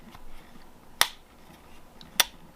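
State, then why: Seated. Metal arms of a pair of sunglasses are folded shut, each hinge giving a sharp, bright click as the arm snaps into its folded position, at 1.0 s and 2.2 s. Both arms seat cleanly in their folded position.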